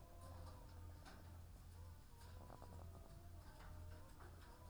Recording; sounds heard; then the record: poultry house recording; sick chickens (respiratory disease)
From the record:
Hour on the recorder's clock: 15